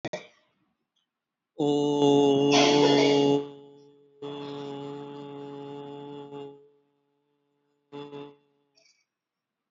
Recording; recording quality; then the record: sustained vowel as in boot; moderate, slight background noise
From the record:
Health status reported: exposed to COVID-19, no respiratory illness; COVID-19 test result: negative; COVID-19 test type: RT-PCR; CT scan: taken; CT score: 1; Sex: male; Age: 30 years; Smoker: no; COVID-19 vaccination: one dose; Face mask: worn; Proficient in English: yes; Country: India